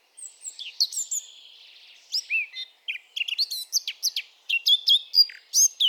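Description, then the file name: Eurasian blackcap song: scratchy high notes and rich whistled slurs, broken by a short pause, then a lively warble. "Sylvia atricapilla"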